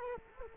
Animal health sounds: mosquito wingbeat signal from an infrared sensor; Culex quinquefasciatus

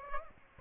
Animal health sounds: mosquito wingbeat signal from an infrared sensor; Aedes aegypti

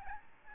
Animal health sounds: mosquito wingbeat signal from an infrared sensor; Aedes albopictus

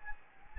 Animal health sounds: mosquito wingbeat signal from an infrared sensor; Anopheles gambiae

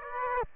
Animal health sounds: mosquito wingbeat signal from an infrared sensor; Aedes aegypti

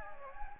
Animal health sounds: mosquito wingbeat signal from an infrared sensor; Anopheles gambiae

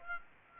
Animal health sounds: mosquito wingbeat signal from an infrared sensor; Aedes aegypti

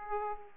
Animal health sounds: mosquito wingbeat signal from an infrared sensor; Aedes aegypti

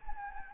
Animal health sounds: mosquito wingbeat signal from an infrared sensor; Anopheles gambiae

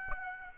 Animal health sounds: mosquito wingbeat signal from an infrared sensor; Aedes aegypti

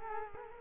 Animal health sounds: mosquito wingbeat signal from an infrared sensor; Culex quinquefasciatus

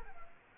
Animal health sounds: mosquito wingbeat signal from an infrared sensor; Culex quinquefasciatus

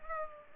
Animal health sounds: mosquito wingbeat signal from an infrared sensor; Culex pipiens

